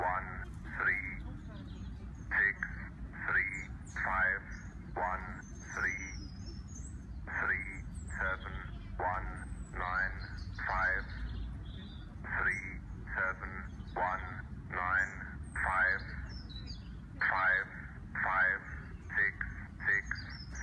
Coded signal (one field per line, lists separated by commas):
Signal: numbers station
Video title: Numbers station on 15615 kHz